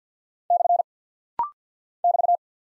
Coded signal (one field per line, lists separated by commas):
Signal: Morse code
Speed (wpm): 48 wpm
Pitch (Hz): 700 Hz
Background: none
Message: / <BT>